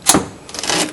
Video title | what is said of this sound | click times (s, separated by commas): How To Replace A headlight 2004-2010 Kia Rondo | right down here and you'll hear it snap in | 0.1 s